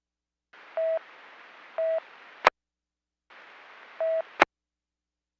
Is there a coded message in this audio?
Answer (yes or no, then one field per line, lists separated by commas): no